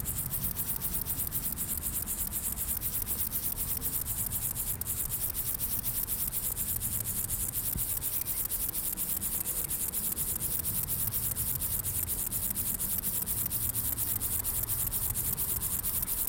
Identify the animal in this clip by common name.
Upland Field Grasshopper